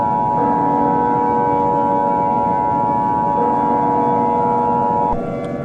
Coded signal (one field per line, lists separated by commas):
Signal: Emergency Alert System (SAME) tones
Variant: 853 and 960 Hz attention tone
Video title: EAS Scenario: The Blood Moon Nightmare #easscenario #bloodmoon